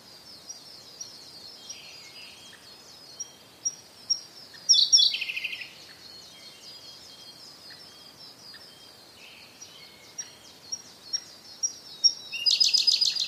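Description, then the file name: Siberian blue robin song, loud rapid rattling trills bursting out near five seconds and again at the end, set against a dense, steady chorus of other birds. "koruri"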